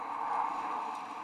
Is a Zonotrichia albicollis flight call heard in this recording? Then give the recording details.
no. No flight call is heard. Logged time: 00:48 on 18 December 2014